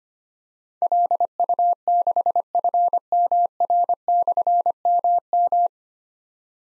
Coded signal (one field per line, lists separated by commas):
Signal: Morse code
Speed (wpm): 25 wpm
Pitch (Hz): 700 Hz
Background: none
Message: LU6FMR/MM